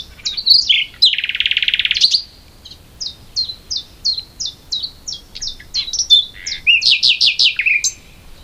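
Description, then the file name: Common nightingale song opening with loud chirps and a harsh buzzy burst, then a steady run of short downslurred notes, closing with a rich rapid flourish. "Luscinia megarhynchos"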